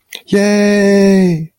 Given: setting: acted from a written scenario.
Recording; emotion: vocal sound without words; elation